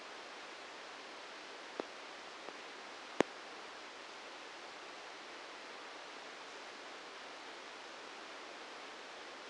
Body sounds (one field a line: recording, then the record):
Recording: brain microelectrode recording played as sound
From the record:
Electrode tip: outside the subthalamic nucleus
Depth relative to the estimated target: 4 mm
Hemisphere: right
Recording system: NeuroSet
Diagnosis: Parkinson's disease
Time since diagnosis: 13 years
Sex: male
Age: 66 years